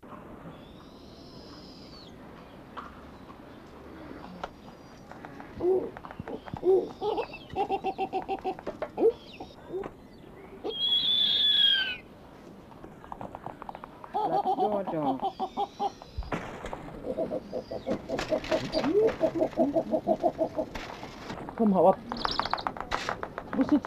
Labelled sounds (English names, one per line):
Snowy Owl call